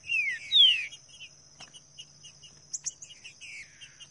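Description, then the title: Green-winged saltator song: two strong descending whistles at the start, then soft scattered notes, over a continuous shrill insect hum. Bird singing in the bush; meant to warm up a kept bird into singing; voice 08. "Canto De Trinca Ferro Voz 08. TRINCA FERRO CANTANDO NO MATO"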